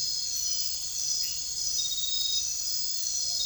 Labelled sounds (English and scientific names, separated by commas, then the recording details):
none
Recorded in dense forest near Puerto Asís, Putumayo, Colombia, on 21 December 2024 at 23:00
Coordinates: 0.484, -76.317
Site G026